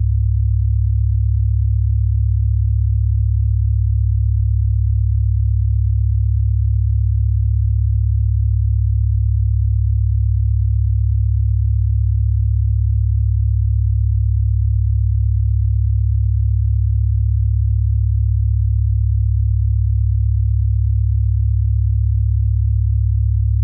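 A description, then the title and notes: A beta wave binaural beat: a single deep, pure hum held perfectly steady for the whole stretch, with no higher sounds at all. The level never rises or falls, and nothing else breaks the smooth, unchanging drone. The Clarity Frequency: Beta Wave Binaural Beats for a Focused Mind.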